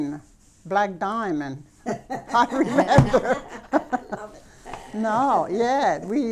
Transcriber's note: they laugh